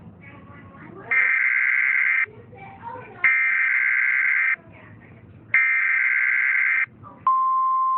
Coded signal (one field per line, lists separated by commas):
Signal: Emergency Alert System (SAME) tones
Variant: header bursts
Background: speech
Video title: EAS: THE VIRUS